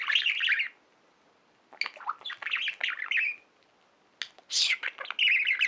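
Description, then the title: Budgerigar squawks and chattering phrases in three bursts separated by short silences. "Budgie Sounds"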